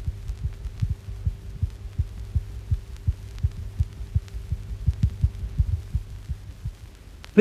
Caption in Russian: При угрожающей внутриутробной асфиксии сердцебиение плода нередко учащается.